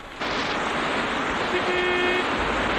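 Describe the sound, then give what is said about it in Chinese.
A small sedan roars up to the bank of the Wu River with a steady, broad rushing engine and road noise, then a single sustained horn honk sounds for most of a second before the noise cuts off. “浮桥上挤满了敌军官兵，那辆小轿车也冲到了岸边。”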